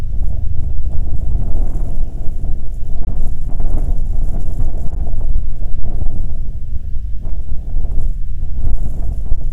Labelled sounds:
wind
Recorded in the Prudhoe Bay oil fields, Alaska, on 21 June 2019 at 10:57
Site 22

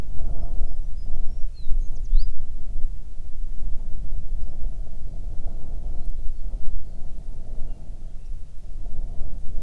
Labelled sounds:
songbird
wind
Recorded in the Prudhoe Bay oil fields, Alaska, on 9 June 2019 at 16:32
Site 21

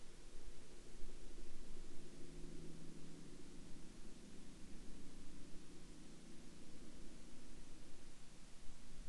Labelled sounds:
man-made sound
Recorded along the Dempster Highway, Canada, on 29 March 2019 at 22:03
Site 25

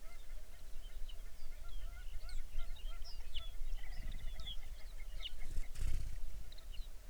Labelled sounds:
songbird
waterfowl
grouse or ptarmigan
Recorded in the Arctic National Wildlife Refuge, Alaska, on 23 May 2019 at 06:04
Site 49

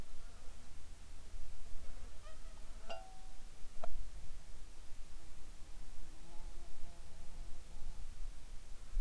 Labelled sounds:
insects
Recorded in the Arctic National Wildlife Refuge, Alaska, on 7 July 2019 at 19:34
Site 41

